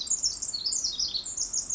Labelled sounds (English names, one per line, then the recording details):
Pacific Wren
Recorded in Sonoma County, California